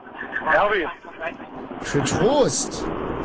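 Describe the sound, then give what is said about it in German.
A voice comes through a narrow, tinny phone line from inside a Ford car, nearly buried under a loud, steady roar of car interior noise that never lets up. “Mann, ist das laut bei dir im Auto.”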